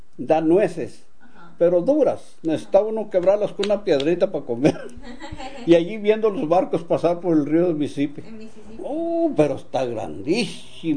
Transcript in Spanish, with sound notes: da nueces pero duras. Necesitaba uno quebrarlas con una piedrita pa comer. (risas) Y allí viendo los barcos pasar por el Río Mississippi.
El Mississippi.
¡Oh! Pero, está grandísimo.